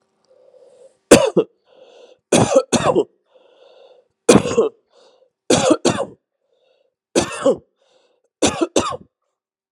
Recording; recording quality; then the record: heavy voluntary cough; excellent, no background noise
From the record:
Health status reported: respiratory illness, not identified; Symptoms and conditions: hypertension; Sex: male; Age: 45 years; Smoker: not ticked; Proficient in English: yes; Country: Canada